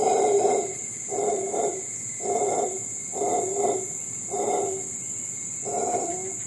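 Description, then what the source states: Howler monkey howling in hoarse, throaty bursts about once a second, each a short grating roar, with a constant high insect drone behind. Costa Rica; insects also recorded.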